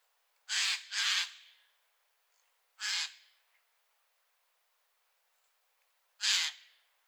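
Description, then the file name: Eurasian jay giving harsh, rasping screeches: a quick pair, then a single call, then another after a pause of about three seconds. "Garrulus glandarius"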